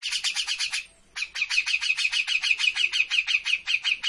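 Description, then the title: Grey-cheeked bulbul song of quick, raspy repeated notes, a brief break near the start, then an even, unbroken run. Grey-cheeked bulbul in active, vigorous song (gacor); master recording for training birds. "Cucak Jenggot Gacor. Masteran burung cucak jenggot ! Suaka burung"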